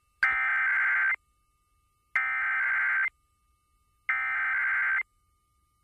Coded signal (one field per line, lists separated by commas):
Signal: Emergency Alert System (SAME) tones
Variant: header bursts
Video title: [EAS #2081] KLLI FM RWT